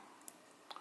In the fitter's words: smooth if you close it again you can hear it click on